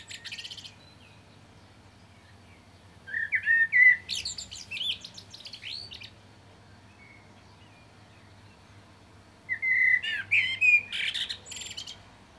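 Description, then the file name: Common blackbird with brief twittering, then two warbled phrases: mellow flute-like notes giving way to dense, squeaky, high-pitched chatter. "Turdus merula"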